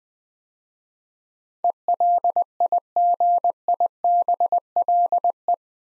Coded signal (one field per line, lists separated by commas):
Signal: Morse code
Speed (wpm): 20 wpm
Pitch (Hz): 700 Hz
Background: none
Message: ELIGIBLE